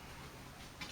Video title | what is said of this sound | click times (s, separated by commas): SS Brewtech Brew Bucket Fermenter - Review pt 1 | hear it clicking | 0.8 s